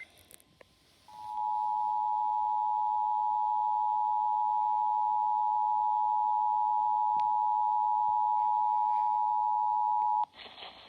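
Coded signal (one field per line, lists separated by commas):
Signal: Emergency Alert System (SAME) tones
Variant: 853 and 960 Hz attention tone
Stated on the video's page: EAS tones of a mock Required Monthly Test, early testing, on Tennessee stations.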